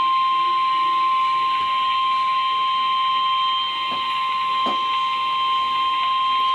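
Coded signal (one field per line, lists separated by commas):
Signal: Emergency Alert System (SAME) tones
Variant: 1050 Hz attention tone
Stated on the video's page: Streamed severe thunderstorm warning.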